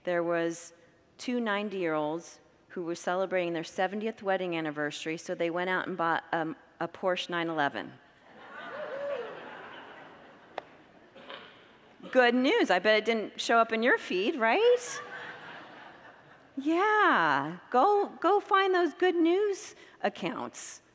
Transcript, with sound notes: There was two 90-year-olds who were celebrating their 70th wedding anniversary, so they went out and bought a Porsche 911. [Congregants laugh and whoop] Good news! I bet it didn’t show up in your feed, right? [Congregants laugh] Yeah! Go find those good news accounts.